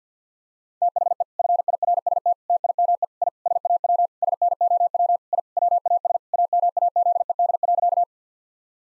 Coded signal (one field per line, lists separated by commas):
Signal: Morse code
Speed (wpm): 50 wpm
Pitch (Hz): 700 Hz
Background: none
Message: THE FIRST TIME I SAW SNOW I WAS AMAZED.